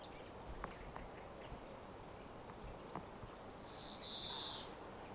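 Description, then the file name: European greenfinch giving one drawn-out, nasal wheeze late, preceded by faint scattered clicks over steady background hiss. "Chloris chloris"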